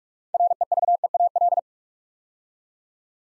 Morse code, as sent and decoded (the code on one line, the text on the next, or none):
.-. . ...- . .- .-..
REVEAL